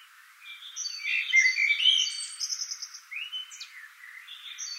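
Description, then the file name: Common blackbird song phrase: a rich, low whistled warble, then high scratchy twittering, with a second bird's rapid high note series overlapping. "Turdus merula"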